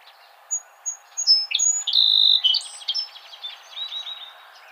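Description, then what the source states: Song sparrow singing: a few sharp introductory notes, then a bright sustained tone and a fast buzzy trill that fades, over a steady low hum. Recorded on 28 April 2007.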